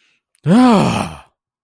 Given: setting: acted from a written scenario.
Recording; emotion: vocal sound without words; shame